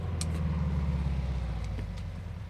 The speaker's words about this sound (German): Ich werde einen Motor kurz schließen.